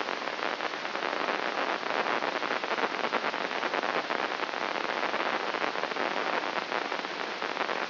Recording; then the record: brain microelectrode recording played as sound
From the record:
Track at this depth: inside the subthalamic nucleus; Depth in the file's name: 4.23 mm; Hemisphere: left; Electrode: 3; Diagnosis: Parkinson's disease